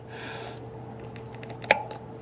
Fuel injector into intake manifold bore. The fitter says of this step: there, and you hear it pop down in there.